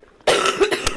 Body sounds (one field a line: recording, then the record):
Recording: coughing mixed with background sound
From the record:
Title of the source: 34 coughing up crap again